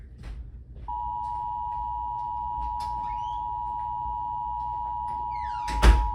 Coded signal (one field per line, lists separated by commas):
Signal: Emergency Alert System (SAME) tones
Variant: 853 and 960 Hz attention tone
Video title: EAS Alerts from September 8th, 2023 [EAS #989-1,026]